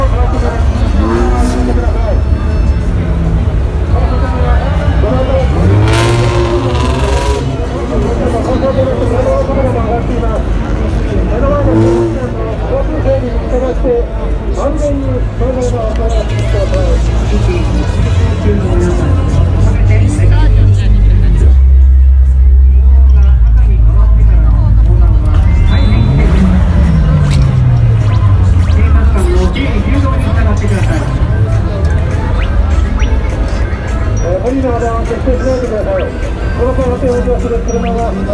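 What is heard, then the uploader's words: A Shibuya Halloween crowd fills the air with a dense, steady babble of many overlapping voices, with occasional shouts rising out of it. A low rumble of traffic runs underneath throughout, swelling around the middle as a vehicle passes, then sliding down in pitch. Recorded of the sounds, noises and atmosphere at Shibuya Halloween Crowd 2021.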